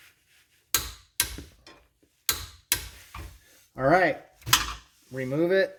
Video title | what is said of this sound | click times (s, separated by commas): Honda Pilot 2019 Differential fluid change with COMPLETE instructions and tips. | okay it's tight we'll go till it clicks | 0.7 s, 1.2 s